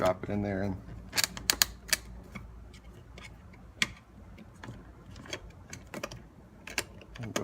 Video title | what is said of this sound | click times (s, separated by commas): Lexus LX570 Door Panel Removal | and get it snapped into place alright | 1.5 s, 1.6 s, 3.8 s